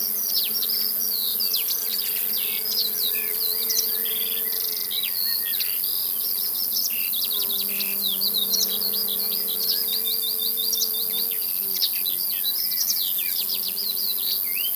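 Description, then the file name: Crickets hold a high, even trill throughout as larks pour out dense, rapid twittering song with quick repeated notes and short trills. In a field, with larks heard alongside the crickets. "Sounds from a Field Larks and Crickets"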